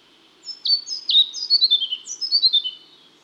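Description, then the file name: European Pied Flycatcher singing one lively phrase of high whistled notes, each dropping in pitch, with two rhythmic, slightly descending series near the end. "Pied Flycatcher (Ficedula hypoleuca)"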